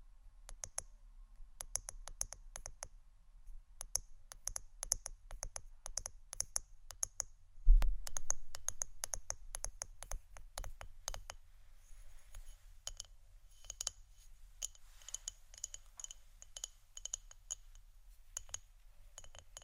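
Pure tapping: quick, sharp clicks come in irregular bursts across the whole twenty seconds, some clustered densely, others spaced apart. Near the eight-second mark a heavier, low thump stands out above the rest. A faint low rumble sits underneath throughout.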